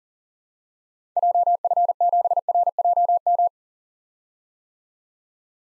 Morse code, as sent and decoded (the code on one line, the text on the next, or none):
.--- ..-. --... .-. .--- --
JF7RJM